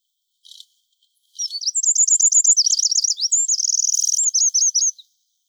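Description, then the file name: Eurasian wren, a short faint buzz, then a piercing song of quick high notes, rippling trills and a rapid rattle for about three and a half seconds. "Troglodytes troglodytes"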